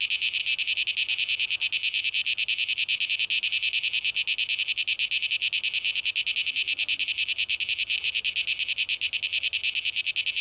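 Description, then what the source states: Cicadas keep up a bright, sizzling drone, pulsing quickly and regularly from start to finish. Cicadas, 12 August 2023; tape echo mix.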